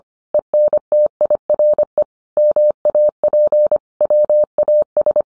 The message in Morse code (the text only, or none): ENTIRE MAP WAS